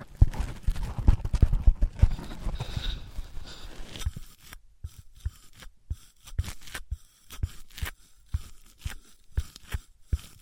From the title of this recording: Wood vs Cork, Sponge vs Foam, Glass vs Plastic